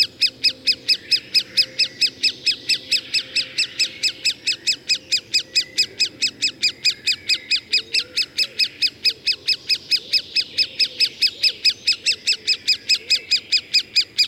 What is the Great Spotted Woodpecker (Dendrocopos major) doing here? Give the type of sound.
call